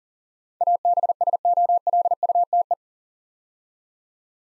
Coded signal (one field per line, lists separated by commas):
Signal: Morse code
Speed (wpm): 40 wpm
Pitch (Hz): 700 Hz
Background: none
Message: ABSOLUTE